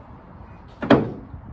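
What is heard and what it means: A brake and turn signal bulb socket is fitted back into the plastic tail light housing of an F250 pickup truck and turned until it locks. A short scrape at 0.8 s leads into a sharp click at 0.9 s, followed by a brief fading rattle. The socket is locked into place.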